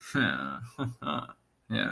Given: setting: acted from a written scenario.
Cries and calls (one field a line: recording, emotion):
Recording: vocal sound without words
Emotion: pride